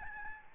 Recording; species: mosquito wingbeat signal from an infrared sensor; Aedes albopictus